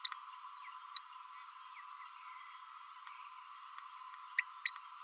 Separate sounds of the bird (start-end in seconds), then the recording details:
0.04-0.09, 0.95-0.99, 4.38-4.41, 4.65-4.72. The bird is a female. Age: 32 days. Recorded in a nest box in Venezuela. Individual 17B32A7